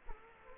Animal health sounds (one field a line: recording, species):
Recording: mosquito wingbeat signal from an infrared sensor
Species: Culex quinquefasciatus